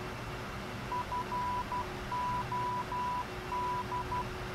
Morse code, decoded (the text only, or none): FOD